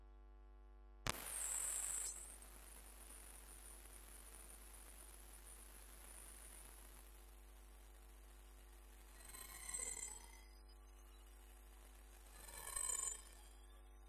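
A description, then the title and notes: An electronic detector hums steadily, bursts into a loud bright hiss with a squeal near one second, then gives two brief chirping swells around ten and thirteen seconds. EMF Detector experiment. This is an example of what can be heard through an EMF Detector*, via audio cassette tape (because my phone would not co-operate).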